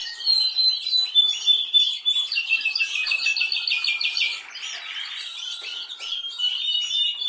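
Canary singing a fast chattering trill that settles into an even, rolling tour, then a lower warble and bright chirps, continuous throughout.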